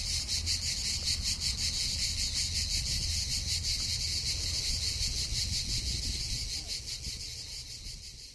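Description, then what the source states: Cicada buzz, dense and high-pitched, pulsing rapidly and steadily, softening slightly near the end, over a low background rumble. Recorded on 19 August 2007.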